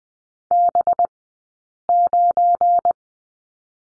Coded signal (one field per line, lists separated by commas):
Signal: Morse code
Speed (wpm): 20 wpm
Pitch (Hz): 700 Hz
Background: none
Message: B9